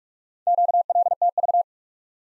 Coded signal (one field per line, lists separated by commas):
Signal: Morse code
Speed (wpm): 42 wpm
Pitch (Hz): 700 Hz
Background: none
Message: QLTV